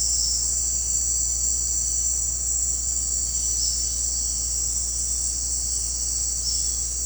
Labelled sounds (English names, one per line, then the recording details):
none
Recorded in secondary vegetation near Puerto Asís, Putumayo, Colombia, on 9 March 2025 at 18:00
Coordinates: 0.484, -76.319
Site G010